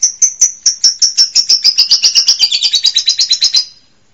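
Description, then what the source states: Bird song: a fast series of high, clipped chirps that speeds up into a dense, rattling trill before stopping abruptly. Labelled as masteran.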